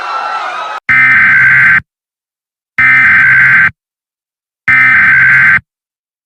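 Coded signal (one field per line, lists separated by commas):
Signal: Emergency Alert System (SAME) tones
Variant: header bursts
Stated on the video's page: Fictional EAS scenario story.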